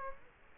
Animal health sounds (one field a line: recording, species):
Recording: mosquito wingbeat signal from an infrared sensor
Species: Culex quinquefasciatus